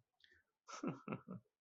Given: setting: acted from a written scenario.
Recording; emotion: vocal sound without words; serenity